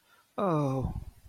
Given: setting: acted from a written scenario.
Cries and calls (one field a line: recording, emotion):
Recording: vocal sound without words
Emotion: shame